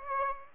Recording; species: mosquito wingbeat signal from an infrared sensor; Aedes aegypti